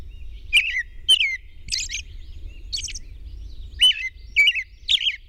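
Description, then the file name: Robin song: down-slurred whistles and higher scratchy notes in short bursts with brief pauses, over a faint low background rumble. At dawn on 21 June 2001. "2001-06-21 Robin Dawn PW"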